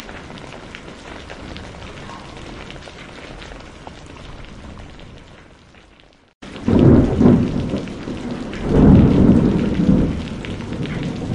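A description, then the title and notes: Rain falls steadily with a dense patter and faint crackles, fading slightly before a brief silence near six seconds. After the break, rain returns louder and deep thunder rumbles swell around seven and again near nine seconds, then ease off. Sounds of Rain and Thunder.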